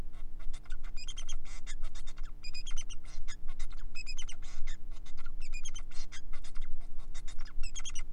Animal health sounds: song of a male Bengalese finch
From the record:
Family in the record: son of father 4

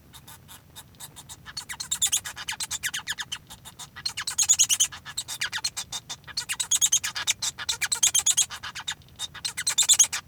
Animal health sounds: song of a male Bengalese finch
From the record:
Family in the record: son of father 1

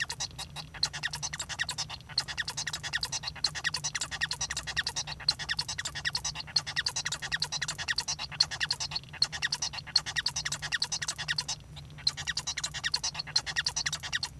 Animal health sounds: song of a male Bengalese finch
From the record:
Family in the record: son of father 1

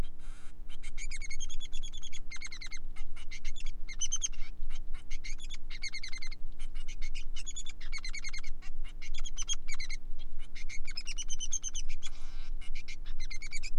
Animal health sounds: song of a male Bengalese finch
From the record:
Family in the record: son of father 3

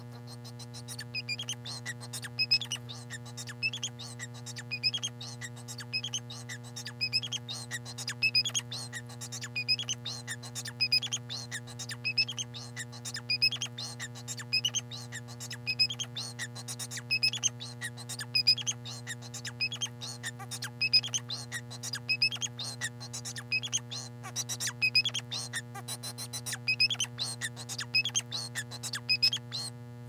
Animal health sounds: song of a male Bengalese finch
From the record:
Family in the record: son of father 4

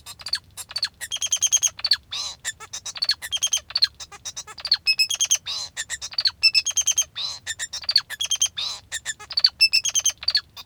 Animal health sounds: song of a male Bengalese finch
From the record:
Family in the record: father 2

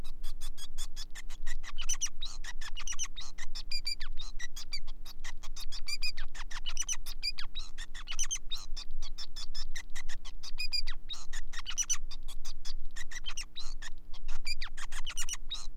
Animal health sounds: song of a male Bengalese finch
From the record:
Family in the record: son of father 5

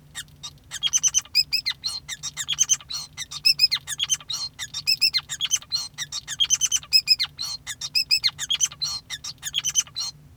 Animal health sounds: song of a male Bengalese finch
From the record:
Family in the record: son of father 5

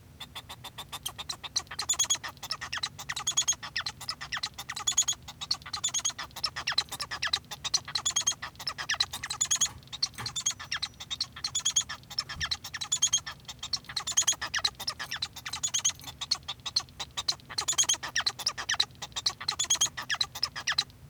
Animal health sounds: song of a male Bengalese finch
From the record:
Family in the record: son of father 1

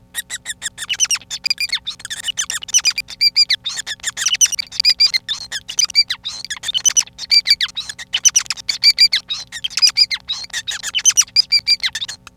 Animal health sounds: song of a male Bengalese finch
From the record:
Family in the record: son of father 5

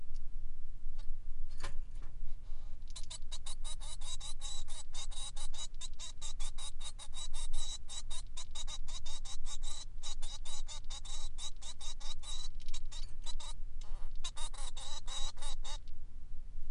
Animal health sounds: song of a male Bengalese finch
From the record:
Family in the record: son of father 3

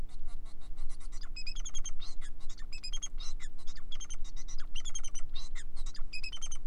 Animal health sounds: song of a male Bengalese finch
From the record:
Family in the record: son of father 4

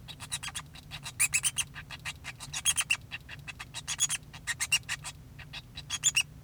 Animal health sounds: song of a male Bengalese finch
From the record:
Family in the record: son of father 2

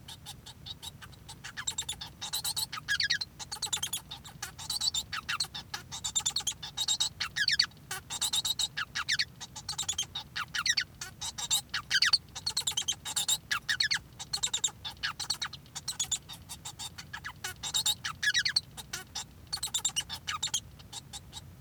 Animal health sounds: song of a male Bengalese finch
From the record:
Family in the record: son of father 1

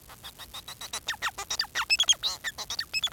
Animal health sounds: song of a male Bengalese finch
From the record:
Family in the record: son of father 4

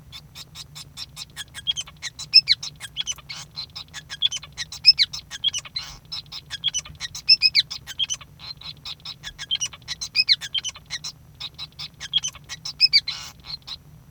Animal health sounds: song of a male Bengalese finch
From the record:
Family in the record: son of father 5

